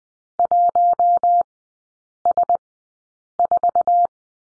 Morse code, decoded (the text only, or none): 1S4